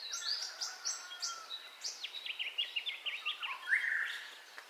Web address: Sound Effects-Foundation Updates AMBIENCE DAWN BIRDCALLS 04 STEREO